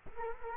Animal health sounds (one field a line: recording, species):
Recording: mosquito wingbeat signal from an infrared sensor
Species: Culex quinquefasciatus